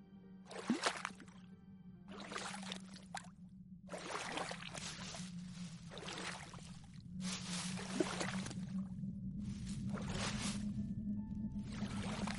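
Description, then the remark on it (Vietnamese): Water sloshes and splashes in repeated bursts about every second or two, like oars or paddles dipping, over a steady low hum of a small boat carrying four people gliding on a calm, flat river in Vietnam's western region in the late afternoon, light waves lapping toward the bank. “Chiều ngày hôm sau, chiếc ghe chở bốn người pháp sư trẻ cũng đã đến. Nó cứ nhẹ nhẹ lả lướt trên mặt sông phẳng lặng, phản chiếu ánh chiều tà, nhấp nhô và đợt sóng nhẹ cuốn vào bờ, lột tả hết hồn quê miền Tây yên ả.”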